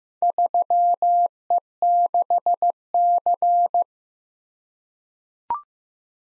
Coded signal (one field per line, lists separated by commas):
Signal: Morse code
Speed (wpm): 15 wpm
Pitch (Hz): 700 Hz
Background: none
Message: 3E6C